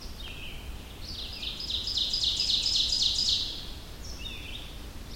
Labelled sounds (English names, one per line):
Ovenbird song